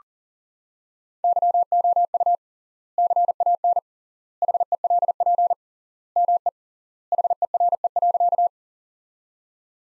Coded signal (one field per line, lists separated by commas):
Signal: Morse code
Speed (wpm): 40 wpm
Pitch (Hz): 700 Hz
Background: none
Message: YOU CAN HELP ME HERE.